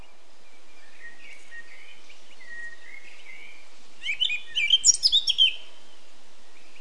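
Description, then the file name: Eurasian blackcap song: a quiet, scratchy warble that breaks into a short, louder burst of bright, high whistled notes, with steady background noise throughout. "Sylvia atricapilla"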